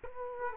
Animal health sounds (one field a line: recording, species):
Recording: mosquito wingbeat signal from an infrared sensor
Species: Culex quinquefasciatus